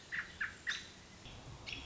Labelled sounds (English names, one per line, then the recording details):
American Robin
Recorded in Sonoma County, California